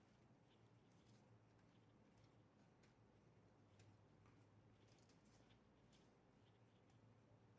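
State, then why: Not seated. A cable connector is pushed onto a motherboard header during a PC build, with only small handling ticks and taps over a steady low hum. No click is heard and the connector has not clicked into place, because a sticker was placed over the motherboard pinout.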